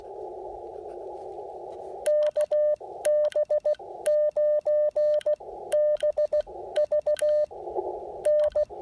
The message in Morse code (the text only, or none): KB9BVN